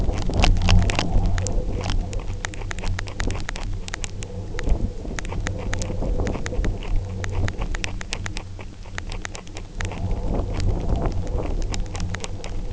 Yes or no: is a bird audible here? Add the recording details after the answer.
no. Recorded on Arctic tundra, site UTQI-0, on 29 June 2018. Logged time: 08:00